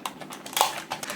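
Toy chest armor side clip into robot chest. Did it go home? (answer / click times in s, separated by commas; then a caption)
partly / 0.6 s. The side clip of the plastic chest armor of a 1994 vintage DX Great Police combination Super Fire J-Decker toy robot is pushed into the robot's chest, with light plastic taps and scrapes around it. It clicks in at 0.6 s, but only partly, and sits somewhat loose.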